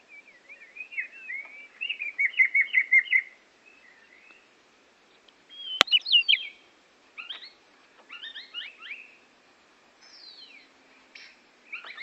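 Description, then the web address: Oriental magpie-robin singing fast trilled and warbled phrases, then scattered sharp notes, with a single loud click near six seconds. Borneo; recording made for training songbirds (masteran). "kacer borneo. masteran kacer"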